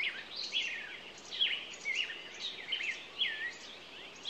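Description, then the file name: Songbird singing a series of clear, swooping whistled notes. Morning songbirds. "Echoes Of Nature-Morning Songbirds"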